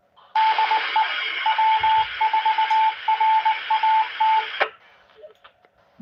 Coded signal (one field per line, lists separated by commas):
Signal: Morse code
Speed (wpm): 20 wpm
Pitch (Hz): 880 Hz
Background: radio noise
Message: DE W4RAT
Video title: American Radio X-ray is live! RATS UHF rag chew net